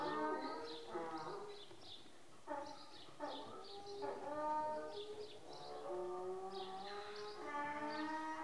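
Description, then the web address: Donkeys braying, harsh harmonic notes see-sawing up and down in repeated bursts. Several donkeys in a shed, braying while eating. "The BBC Sound Effects Library. Donkeys in shed braying eating"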